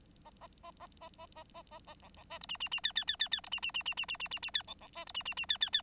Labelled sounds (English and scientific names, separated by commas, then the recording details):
Bengalese Finch (Lonchura striata domestica) song
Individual Bird9